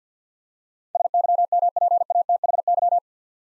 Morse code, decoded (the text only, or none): SYMPATHY